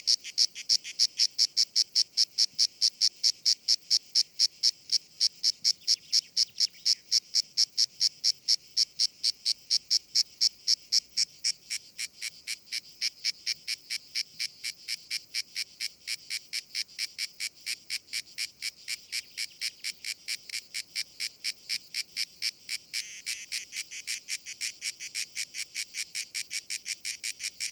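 A grey cicada (Cicada orni) sings in a fast, regular train of short, bright pulses, about four per second, with nothing deep underneath. The pulses are loudest for the first twelve seconds, then continue slightly softer and unbroken to the end.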